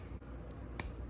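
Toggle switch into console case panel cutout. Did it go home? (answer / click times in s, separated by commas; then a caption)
yes / 0.8 s. A small on/off toggle switch for the memory-unit (GDMU) power is pressed into its cutout in a DreamCase console case shell for a Dreamcast. Over a steady low background, a single sharp, bright snap sounds at 0.8 s as the switch seats into the panel.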